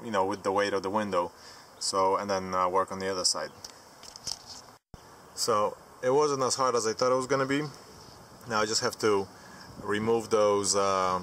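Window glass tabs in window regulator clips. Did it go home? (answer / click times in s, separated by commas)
released / 4.2 s, 4.3 s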